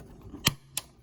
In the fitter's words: Okay, and it should snap in place over